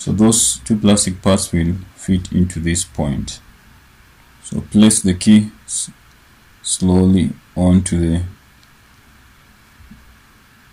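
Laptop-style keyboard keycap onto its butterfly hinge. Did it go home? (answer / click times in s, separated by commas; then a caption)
no / none. A replacement plastic keycap for an Apple Magic Keyboard is placed slowly onto its butterfly hinge and lined up so its two plastic tabs meet the hinge, then slid back, while someone talks. Nothing has seated or clicked yet; pressing it home comes later.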